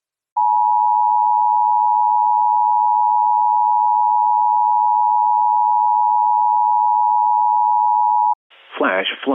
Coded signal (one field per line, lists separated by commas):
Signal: Emergency Alert System (SAME) tones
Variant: 853 and 960 Hz attention tone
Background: speech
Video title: EAS Reenactment Mock: Hanna's Havoc [v2] - 07/26/2020